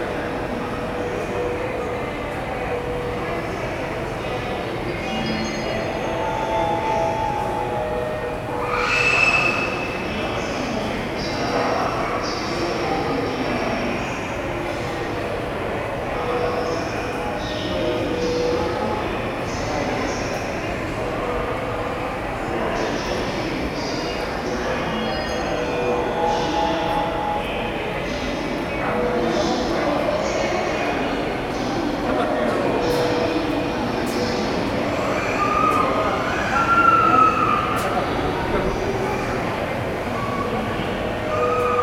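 A field recording at Takanawa Gateway Station in Tokyo: a dense, steady wash of crowd voices and a low train rumble runs throughout. Brief bright tones and clatter stand out near 9 seconds and again around 36 seconds.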